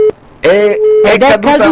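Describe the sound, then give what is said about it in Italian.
A phone line tone after the call drops: a steady, low-pitched electronic hum that runs almost continuously while a voice talks over it. “È caduta la linea.”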